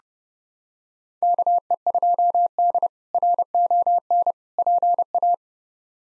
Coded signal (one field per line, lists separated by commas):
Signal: Morse code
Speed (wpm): 32 wpm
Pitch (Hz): 700 Hz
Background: none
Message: KE2D RON PA